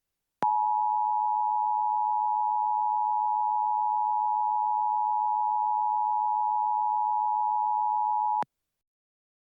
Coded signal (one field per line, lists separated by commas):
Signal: Emergency Alert System (SAME) tones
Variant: 853 and 960 Hz attention tone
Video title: EAS - Planet Killer (A Mini EAS Scenario, in collab with SPCPlainfield Studios)